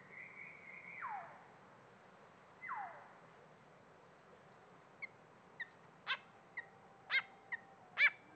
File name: grey fantail